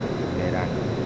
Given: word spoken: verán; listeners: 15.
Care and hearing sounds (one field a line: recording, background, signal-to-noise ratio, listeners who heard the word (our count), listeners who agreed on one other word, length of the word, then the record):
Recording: one Spanish word in noise, from a listening test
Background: speech-shaped noise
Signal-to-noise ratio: -4.2 dB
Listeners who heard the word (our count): 1 of 15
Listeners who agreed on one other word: 9 of 15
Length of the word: 0.66 s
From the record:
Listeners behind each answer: 9, 1, 1, 1, 1, 1, 1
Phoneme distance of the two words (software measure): 7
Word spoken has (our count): 2 syllables, 5 phonemes, stress on syllable 2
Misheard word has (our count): 3 syllables, 6 phonemes, stress on syllable 2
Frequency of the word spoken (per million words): 9.80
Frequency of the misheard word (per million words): 84.53